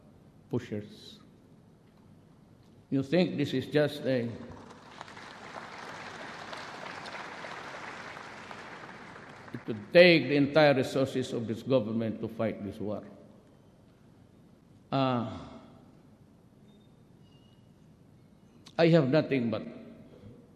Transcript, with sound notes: pushers. You think this is just a... [applause] It could take the entire resources of this government to fight this war.
I have nothing but